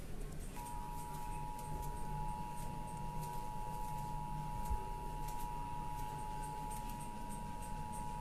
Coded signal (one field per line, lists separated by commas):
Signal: Emergency Alert System (SAME) tones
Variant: 853 and 960 Hz attention tone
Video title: EAS SHORT - Do not look at any mirrors!